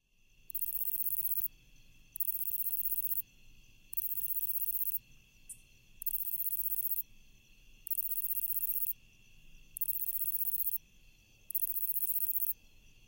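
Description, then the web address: Lesser pine katydid song: loud, high, buzzy trills repeated at a regular pace with short silent gaps, over a faint steady background tone. "The Songs of Insects Lesser Pine Katydid"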